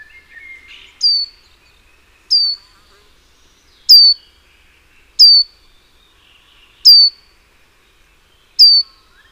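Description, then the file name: Great tit giving clear, sharp downslurred notes, six in all, spaced roughly every one and a half seconds, with a faint lower chirp at the start. "Parus major"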